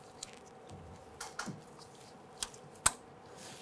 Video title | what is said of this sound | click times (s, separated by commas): How to Replace Fuel Tank Straps 1997-2006 Jeep Wrangler | That is locked into place. | 2.9 s